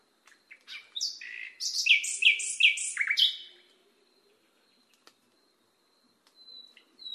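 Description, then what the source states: Nightingale song: one short phrase of slurred notes, followed by near silence. Masteran recording, made for training cage birds to sing.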